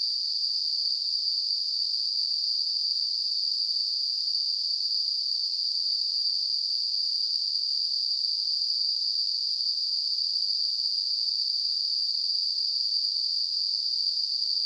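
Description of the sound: Simulated tinnitus: a steady, high-pitched hissing tone centred around 4–5 kHz with a faint band near 9 kHz, unchanging throughout.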